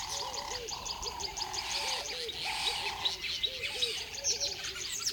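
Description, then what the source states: Mixed dawn chorus: many birds calling at once: repeated short looping whistles low down, steady mid-pitched notes, and a dense wash of high chirps and trills. Dawn ambience at a river bed in savanna, South Africa; many birds calling together in a chorus.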